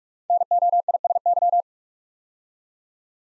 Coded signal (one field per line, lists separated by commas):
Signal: Morse code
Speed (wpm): 44 wpm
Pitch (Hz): 700 Hz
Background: none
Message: NOISY